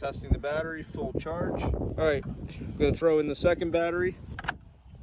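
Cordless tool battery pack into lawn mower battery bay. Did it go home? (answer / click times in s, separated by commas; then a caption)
yes / 4.4 s, 4.5 s. Someone talks while a second Ryobi 40V battery pack is slid into the second battery bay of an electric lawn mower, prongs down with the Ryobi symbol facing up. Sharp clicks at 4.4 s and 4.5 s mark the pack seating in place.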